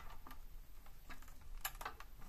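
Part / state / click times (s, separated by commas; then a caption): ethernet cable plug into router port / seated / 1.7 s. An ethernet network cable is unplugged from a router and its RJ45 plug is pushed back into the router port, producing a handful of small, sharp ticks. The loudest, crispest click at about 1.7 s is the plug latching into the port, seating it and leaving the cable connected.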